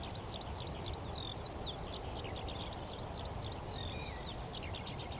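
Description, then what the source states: Eurasian skylark song: breathless stream of high chirping notes, looping whistles and quick trills, with a low steady hum beneath. Chorus of skylarks rising from young barley and singing while ascending high into cloudy sky; vast open field, northern edge of the Cotswolds, South Warwickshire.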